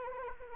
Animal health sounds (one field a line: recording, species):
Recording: mosquito wingbeat signal from an infrared sensor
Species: Anopheles arabiensis